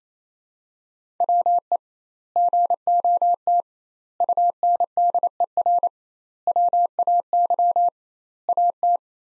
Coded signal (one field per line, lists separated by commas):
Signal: Morse code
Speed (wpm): 28 wpm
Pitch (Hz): 700 Hz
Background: none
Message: WE GOT UNDER WAY AT